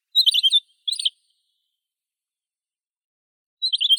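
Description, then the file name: Pine grosbeak giving short high chattering bursts, two quick phrases near the start and another at the end, with silence between. "Pinicola enucleator"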